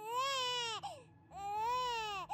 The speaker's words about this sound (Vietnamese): ông Hải nghe thấy tiếng trẻ con khóc vọng ra từ bên trong nhà